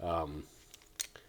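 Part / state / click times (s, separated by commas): rotating plastic panel assembly into the torso of a transforming action figure / seated / 1.0 s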